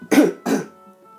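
Two short, harsh cough bursts in quick succession, each about a quarter second long, followed by quiet room tone. An adult coughs on purpose to show what a real cough sounds like, as opposed to the manga spelling "gohogoho"; the coughs are deliberate, not a sign of illness.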